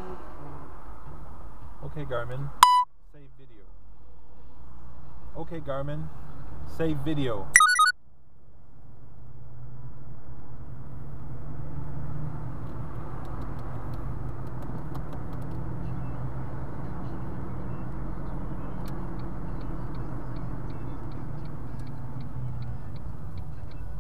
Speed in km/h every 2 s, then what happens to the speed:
0, 5, 17, 26, 31, 36, 38, 41, 44, 41, 33, 23.
1-16 pulls away to 44. 16-24 slows to 23.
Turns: none.